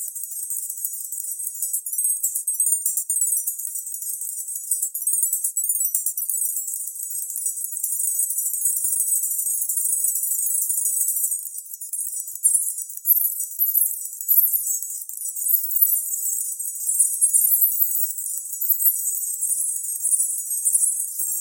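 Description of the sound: High-pitched shimmering, jingling sound confined to the upper frequencies around 8 kHz and above, with no low tones: an 8k distractor tinnitus masker used to distract from ringing in the ears.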